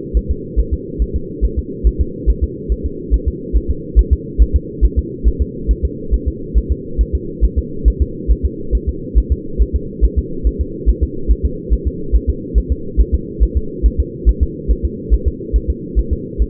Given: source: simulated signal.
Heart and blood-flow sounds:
fetal heart sounds
0.17 s: S1
0.31 s: S2
0.59 s: S1
0.73 s: S2
1.02 s: S1
1.16 s: S2
1.45 s: S1
1.59 s: S2
1.87 s: S1
2.01 s: S2
2.30 s: S1
2.44 s: S2
2.72 s: S1
2.86 s: S2
3.14 s: S1
3.28 s: S2
3.56 s: S1
3.70 s: S2
3.99 s: S1
4.13 s: S2
4.42 s: S1
4.56 s: S2
4.84 s: S1
4.99 s: S2
5.28 s: S1
5.42 s: S2
5.71 s: S1
5.85 s: S2
6.14 s: S1
6.28 s: S2
6.58 s: S1
6.72 s: S2
7.01 s: S1
7.15 s: S2
7.44 s: S1
7.58 s: S2
7.88 s: S1
8.02 s: S2
8.31 s: S1
8.45 s: S2
8.75 s: S1
8.89 s: S2
9.18 s: S1
9.32 s: S2
9.61 s: S1
9.76 s: S2
10.05 s: S1
10.19 s: S2
10.47 s: S1
10.61 s: S2
10.89 s: S1
11.03 s: S2
11.31 s: S1
11.45 s: S2
11.73 s: S1
11.87 s: S2
12.15 s: S1
12.30 s: S2
12.58 s: S1
12.72 s: S2
13.00 s: S1
13.14 s: S2
13.43 s: S1
13.57 s: S2
13.86 s: S1
14.00 s: S2
14.29 s: S1
14.43 s: S2
14.71 s: S1
14.85 s: S2
15.14 s: S1
15.28 s: S2
15.56 s: S1
15.70 s: S2
15.99 s: S1
16.13 s: S2
16.42 s: S1
From the record:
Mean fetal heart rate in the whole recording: 140 bpm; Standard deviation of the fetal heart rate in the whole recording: 2 bpm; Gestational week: 34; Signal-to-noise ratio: -4.3 dB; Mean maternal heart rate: 72 bpm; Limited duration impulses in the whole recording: absent

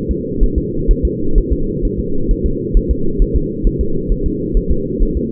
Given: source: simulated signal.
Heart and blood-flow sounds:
fetal heart sounds
0.11 s: S2
0.43 s: S1
0.58 s: S2
0.91 s: S1
1.05 s: S2
1.38 s: S1
1.52 s: S2
1.85 s: S1
1.99 s: S2
2.31 s: S1
2.46 s: S2
2.77 s: S1
2.91 s: S2
3.22 s: S1
3.36 s: S2
3.67 s: S1
3.81 s: S2
4.12 s: S1
4.26 s: S2
4.57 s: S1
4.71 s: S2
5.03 s: S1
5.17 s: S2
From the record:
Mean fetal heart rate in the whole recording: 130 bpm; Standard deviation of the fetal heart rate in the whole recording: 2 bpm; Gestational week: 38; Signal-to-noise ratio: -8.1 dB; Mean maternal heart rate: 72 bpm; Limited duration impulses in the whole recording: absent

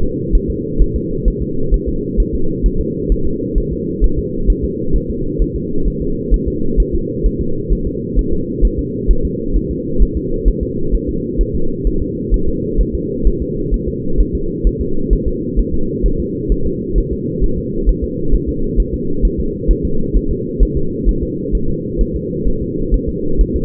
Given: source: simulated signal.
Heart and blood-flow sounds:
fetal heart sounds
0.03 s: S2
0.35 s: S1
0.50 s: S2
0.82 s: S1
0.96 s: S2
1.28 s: S1
1.42 s: S2
1.74 s: S1
1.88 s: S2
2.20 s: S1
2.35 s: S2
2.66 s: S1
2.81 s: S2
3.12 s: S1
3.27 s: S2
3.58 s: S1
3.73 s: S2
4.04 s: S1
4.19 s: S2
4.50 s: S1
4.64 s: S2
4.96 s: S1
5.10 s: S2
5.42 s: S1
5.56 s: S2
5.88 s: S1
6.02 s: S2
6.34 s: S1
6.48 s: S2
6.80 s: S1
6.94 s: S2
7.26 s: S1
7.41 s: S2
7.73 s: S1
7.87 s: S2
8.19 s: S1
8.33 s: S2
8.65 s: S1
8.79 s: S2
9.11 s: S1
9.25 s: S2
9.56 s: S1
9.71 s: S2
10.02 s: S1
10.17 s: S2
10.48 s: S1
10.63 s: S2
10.94 s: S1
11.09 s: S2
11.41 s: S1
11.55 s: S2
11.87 s: S1
12.02 s: S2
12.34 s: S1
12.48 s: S2
12.81 s: S1
12.95 s: S2
13.27 s: S1
13.42 s: S2
13.74 s: S1
13.88 s: S2
14.20 s: S1
14.35 s: S2
14.67 s: S1
14.81 s: S2
15.13 s: S1
15.28 s: S2
15.59 s: S1
15.74 s: S2
16.06 s: S1
16.20 s: S2
16.52 s: S1
16.66 s: S2
16.98 s: S1
17.12 s: S2
17.44 s: S1
17.58 s: S2
17.89 s: S1
18.04 s: S2
18.34 s: S1
18.49 s: S2
18.80 s: S1
18.94 s: S2
19.25 s: S1
19.40 s: S2
19.71 s: S1
19.85 s: S2
20.16 s: S1
20.31 s: S2
20.63 s: S1
20.77 s: S2
21.09 s: S1
21.23 s: S2
21.55 s: S1
21.69 s: S2
22.01 s: S1
22.16 s: S2
22.47 s: S1
22.62 s: S2
22.94 s: S1
23.09 s: S2
23.41 s: S1
23.56 s: S2
From the record:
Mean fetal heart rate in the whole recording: 130 bpm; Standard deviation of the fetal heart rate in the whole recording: 2 bpm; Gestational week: 36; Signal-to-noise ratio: -8.1 dB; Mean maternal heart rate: 72 bpm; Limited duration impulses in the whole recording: absent

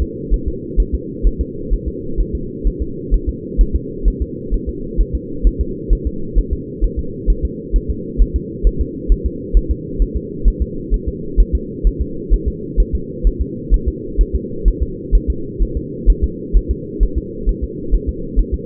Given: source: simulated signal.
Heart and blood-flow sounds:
fetal heart sounds
0.02 s: S2
0.34 s: S1
0.48 s: S2
0.80 s: S1
0.95 s: S2
1.27 s: S1
1.41 s: S2
1.73 s: S1
1.88 s: S2
2.20 s: S1
2.35 s: S2
2.67 s: S1
2.82 s: S2
3.14 s: S1
3.29 s: S2
3.61 s: S1
3.76 s: S2
4.08 s: S1
4.22 s: S2
4.54 s: S1
4.69 s: S2
5.01 s: S1
5.15 s: S2
5.47 s: S1
5.61 s: S2
5.93 s: S1
6.07 s: S2
6.38 s: S1
6.53 s: S2
6.84 s: S1
6.99 s: S2
7.30 s: S1
7.45 s: S2
7.76 s: S1
7.91 s: S2
8.22 s: S1
8.36 s: S2
8.67 s: S1
8.81 s: S2
9.12 s: S1
9.26 s: S2
9.57 s: S1
9.71 s: S2
10.02 s: S1
10.17 s: S2
10.48 s: S1
10.62 s: S2
10.94 s: S1
11.08 s: S2
11.40 s: S1
11.55 s: S2
11.87 s: S1
12.01 s: S2
12.33 s: S1
12.48 s: S2
12.80 s: S1
12.95 s: S2
13.27 s: S1
13.42 s: S2
13.74 s: S1
13.88 s: S2
14.21 s: S1
14.35 s: S2
14.68 s: S1
14.83 s: S2
15.15 s: S1
15.30 s: S2
15.62 s: S1
15.77 s: S2
16.10 s: S1
16.24 s: S2
16.57 s: S1
16.71 s: S2
17.03 s: S1
17.18 s: S2
17.49 s: S1
17.64 s: S2
17.95 s: S1
18.09 s: S2
18.39 s: S1
18.54 s: S2
From the record:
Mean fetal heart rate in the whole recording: 130 bpm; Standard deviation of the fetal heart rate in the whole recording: 2 bpm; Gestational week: 36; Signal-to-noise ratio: -4.3 dB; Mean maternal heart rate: 72 bpm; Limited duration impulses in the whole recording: absent

